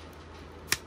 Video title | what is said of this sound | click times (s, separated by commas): How to fix a tape measure | working my way around you can hear that pop | 0.7 s